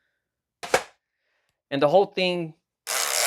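Pressing the release button on the spring-loaded side-screen slide mount of a MaxFree T2 triple portable laptop monitor gives a sharp click at 0.7 s, and the mount releases. Someone then talks, and a broad, noisy rush runs from about 2.9 s to the end.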